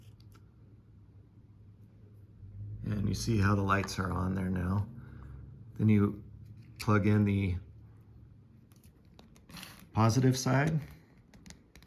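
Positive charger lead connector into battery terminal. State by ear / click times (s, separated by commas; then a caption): not seated / none. Someone talks while the orange positive charger lead connector for a Fliteboard eFoil battery charger is picked up and lined up with the battery terminal, with faint small handling ticks and taps scattered between the speech, including a few near the end. Nothing has seated or clicked yet; the connector is only being lined up before being pushed home.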